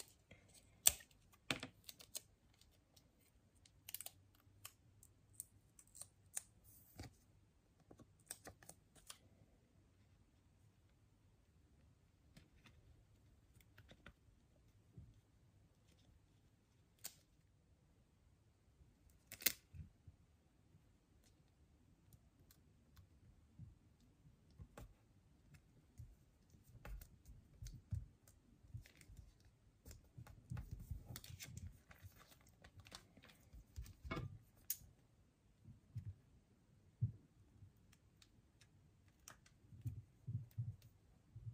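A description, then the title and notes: Quiet crinkling and tapping, with sharp clicks scattered through and denser bursts of crisp rustle in the first ten seconds. After a sparse middle stretch, soft low handling sounds and crinkles grow busier from about twenty-five seconds on. Crinkle sounds, tapping sounds.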